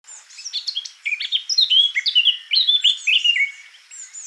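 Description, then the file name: Eurasian blackcap singing a dense, rapid warble of varied notes, with bright, flutey whistled phrases sliding downward in the second half. "Sylvia atricapilla"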